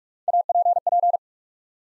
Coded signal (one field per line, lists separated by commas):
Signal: Morse code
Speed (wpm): 44 wpm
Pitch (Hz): 700 Hz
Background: none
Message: APP